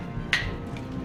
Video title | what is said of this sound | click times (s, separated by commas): Speeding Bullets Batman Unboxing and Review of the DC Comics 7" Scale Action Figure (McFarlane Toys) | Clicks in this into place and then this pivots up and around and it's a hook | 0.3 s